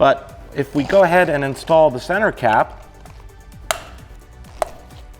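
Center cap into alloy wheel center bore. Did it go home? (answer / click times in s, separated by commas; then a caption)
yes / 3.7 s, 4.6 s. Someone talks, then a plastic Tesla Model 3 factory gray center cap is pressed into the center bore of a metallic-gray, grain-finish alloy wheel. Two sharp snaps are heard at 3.7 s and 4.6 s. The cap snaps in and seats.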